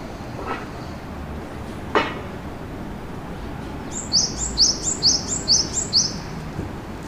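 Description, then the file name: Bird gives a rapid run of six or seven high, sharp, down-slurred chirps near the end, after two brief knocks, with a constant low background rumble. Recorded in Shinagawa, March 2008. "bird shinagwa-200803"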